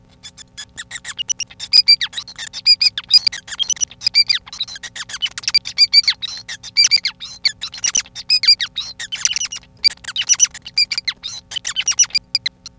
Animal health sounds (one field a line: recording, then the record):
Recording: song of a male Bengalese finch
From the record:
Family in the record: son of father 5